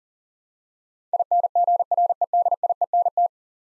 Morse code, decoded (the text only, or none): INGREDIENT